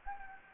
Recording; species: mosquito wingbeat signal from an infrared sensor; Anopheles gambiae